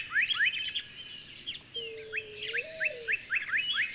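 Bird chirps in short rising notes amid high twittering, while a low wavering tone rises partway through.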